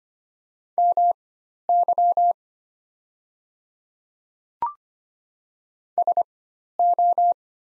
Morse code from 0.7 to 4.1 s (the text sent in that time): MY